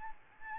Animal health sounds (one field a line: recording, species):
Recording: mosquito wingbeat signal from an infrared sensor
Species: Aedes albopictus